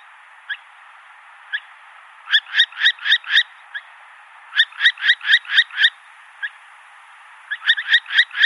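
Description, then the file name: Northern hawk-owl giving bursts of shrill, harsh notes, single notes then quick runs of several, with steady hiss underneath. "Hokuggla"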